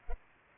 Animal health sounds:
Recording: mosquito wingbeat signal from an infrared sensor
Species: Culex pipiens

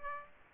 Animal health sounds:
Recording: mosquito wingbeat signal from an infrared sensor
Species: Aedes aegypti

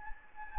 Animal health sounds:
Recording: mosquito wingbeat signal from an infrared sensor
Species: Anopheles gambiae

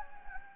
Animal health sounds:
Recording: mosquito wingbeat signal from an infrared sensor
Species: Anopheles gambiae

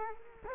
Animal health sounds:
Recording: mosquito wingbeat signal from an infrared sensor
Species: Culex quinquefasciatus

